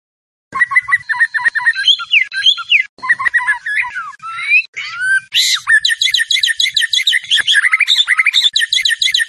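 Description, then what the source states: White-rumped shama song: dense, varied phrases of quick whistles, harsh chatters and rapid high twittering runs, energetic, with a few brief pauses. Masteran training recording of a champion white-rumped shama (murai batu) song, used to tutor other songbirds.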